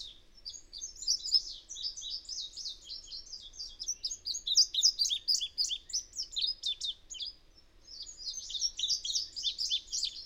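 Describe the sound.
Bird song of rapid, high chirping and twittering notes in dense, continuous phrases, briefly pausing near eight seconds before resuming.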